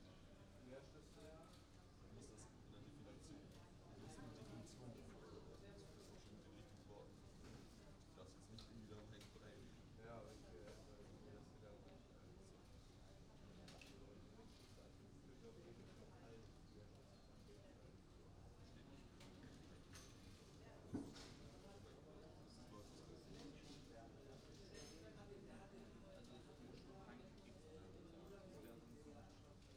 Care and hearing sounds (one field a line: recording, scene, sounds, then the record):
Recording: everyday scene through a hearing-aid microphone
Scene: many people talking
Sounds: many voices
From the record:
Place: university cafeteria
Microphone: in the ear canal, right